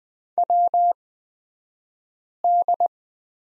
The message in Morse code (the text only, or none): WD